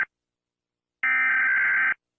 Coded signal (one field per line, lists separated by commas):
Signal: Emergency Alert System (SAME) tones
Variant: header bursts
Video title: Mr. Incredible becomes uncanny to countries EAS Alarms